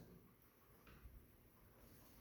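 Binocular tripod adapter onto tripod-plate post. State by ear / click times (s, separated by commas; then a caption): not seated / none. A binocular tripod adapter for Vortex Viper 10x50 binoculars is held and lined up over the post on a tripod plate, making quiet, low handling rustles with a faint soft bump around 1.0 s. Nothing has been pushed home or snapped in place yet.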